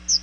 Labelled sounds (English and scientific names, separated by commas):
Chestnut-sided Warbler (Setophaga pensylvanica) flight call